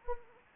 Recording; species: mosquito wingbeat signal from an infrared sensor; Anopheles arabiensis